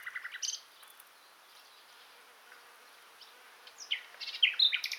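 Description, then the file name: Common nightingale song in short bursts: a brief buzzy rattle near the start, a long pause, then a few sharp whistled notes and chips near the end. "Luscinia megarhynchos"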